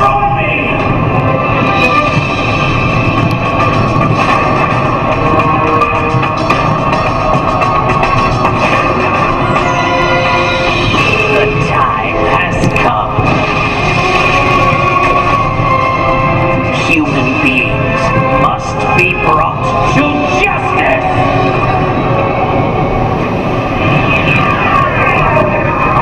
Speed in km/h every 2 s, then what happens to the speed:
112, 113, 113, 113, 113, 113, 113, 113, 112, 112, 112, 111, 112.
0-26 steady at about 113.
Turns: none.